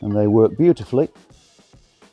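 A metal tent pole is being handled at a corner connector of a BudBox Pro grow tent frame, whose push-click connectors have a spring button meant to snap into a hole. Someone talks briefly, followed by faint handling noises. Nothing has seated or clicked yet.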